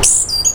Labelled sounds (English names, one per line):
Stitchbird song